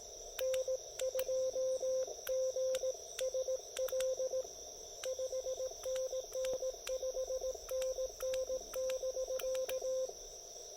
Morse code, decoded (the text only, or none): N2GSL 5NN 5NN <BK>